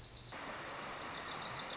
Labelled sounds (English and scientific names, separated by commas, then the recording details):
Wilson's Warbler (Cardellina pusilla)
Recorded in Sonoma County, California